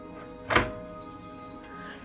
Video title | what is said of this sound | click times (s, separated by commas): Beautiful 1.7l One-Touch Electric Kettle Black Sesame by Drew Barrymore Review and How To Use | i'm gonna go ahead and close the lid until it clicks which you just heard that so | 0.5 s